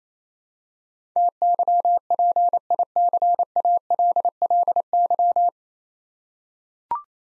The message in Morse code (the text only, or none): TYPICALLY